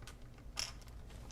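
Pressing the small white plastic ejection lever on the wink light flash unit of a Polaroid Highlander Model 80 camera releases the flash bulb from its socket. A sharp click at 0.6 s marks the bulb popping right off, with fainter ticks and creaks before and after. The bulb is ejected.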